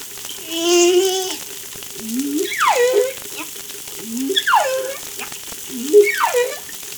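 Whale calls: a rich harmonic moan, then low short upswept notes alternating with steep falling whistles, the pair repeated about every two seconds.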